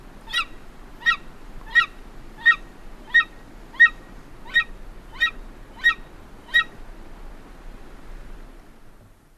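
Golden eagle giving a series of ten sharp, high yelping calls, evenly spaced less than a second apart, then quiet with a low background hum.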